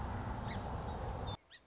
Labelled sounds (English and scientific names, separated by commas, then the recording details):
Song Sparrow (Melospiza melodia)
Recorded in Sonoma County, California